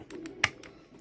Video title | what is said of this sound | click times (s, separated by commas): Transformers R.I.D. Optimus Prime review | make sure they click in place and it's got these two little notches right here | 0.4 s